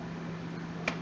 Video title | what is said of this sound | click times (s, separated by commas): Review Of My New Black and Decker Hand Held Blender | the lock symbol until you hear a click and its locked. | 0.9 s